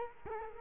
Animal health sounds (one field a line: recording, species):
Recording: mosquito wingbeat signal from an infrared sensor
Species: Culex quinquefasciatus